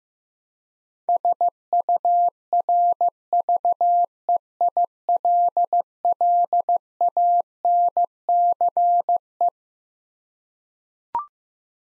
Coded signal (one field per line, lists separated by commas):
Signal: Morse code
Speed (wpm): 16 wpm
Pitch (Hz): 700 Hz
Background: none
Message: SURVEILLANCE